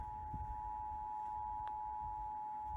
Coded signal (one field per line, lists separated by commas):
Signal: Emergency Alert System (SAME) tones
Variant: 853 and 960 Hz attention tone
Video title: *VALID TONES* Hellmo (EAS Scenario)